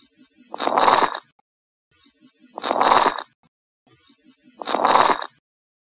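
Lung sounds from an adult's chest through a stethoscope: three noisy breaths come about every two seconds, roughly 29 a minute. Each carries a bubbling, popping texture. These are coarse crackles, which point to fluid or secretions in the larger airways.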